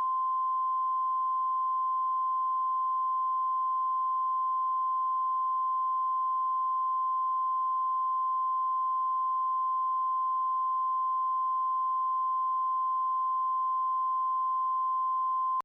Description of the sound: Flatline.